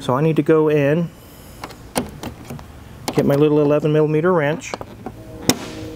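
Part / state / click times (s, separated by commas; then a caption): convertible top front latch locking into the windshield frame / seated / 5.5 s. Someone talks while the manual lock on one side of a convertible soft top is turned with a small 11 mm wrench to lock the top's front latch into the windshield frame, with a few light taps along the way. A sharp metallic hit at 5.5 s marks the latch locking home, and the top is fully locked into place.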